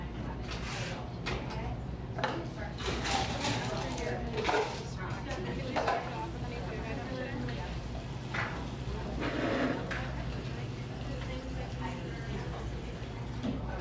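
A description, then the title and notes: A buzzing coffee shop: steady overlapping chatter over a low constant hum, with scattered clinks and brief scraping sounds throughout. A buzzing coffee shop.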